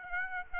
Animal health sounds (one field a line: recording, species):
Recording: mosquito wingbeat signal from an infrared sensor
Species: Aedes aegypti